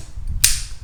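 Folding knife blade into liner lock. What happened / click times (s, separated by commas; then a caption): The folding blade snapped open and locked / 0.4 s. A finger flicks the flipper tab of a Columbia River Knife & Tool folding knife, and the blade snaps open into its liner lock with a sharp, bright click at 0.4 s, leaving it locked in place. A faint tick is heard just before, over low background rumble.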